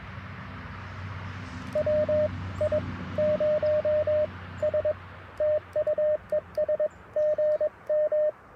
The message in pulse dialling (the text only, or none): none